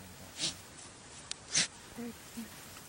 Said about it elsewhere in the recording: The sounds that they make are unvoiced, kind of like sneezes. So sneezes really only happened in those rally events that I was observing. African wild dogs are incredibly social animals, so they spend their whole lives in packs.